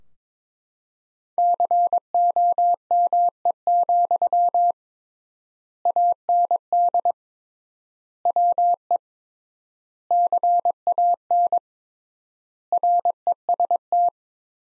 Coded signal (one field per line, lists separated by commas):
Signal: Morse code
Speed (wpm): 22 wpm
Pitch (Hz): 700 Hz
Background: none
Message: COME, AND WE CAN REST